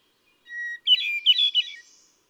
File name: Hermit Thrush